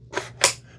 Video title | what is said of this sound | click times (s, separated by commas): Tineco S9 Artist Pro Review – The Truth No One Tells You | There, it clicked. | 0.4 s